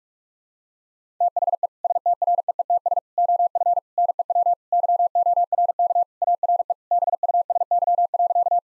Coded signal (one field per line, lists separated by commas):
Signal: Morse code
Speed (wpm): 46 wpm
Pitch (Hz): 700 Hz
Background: none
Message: THE STREETS OF NEW YORK ARE BUSY.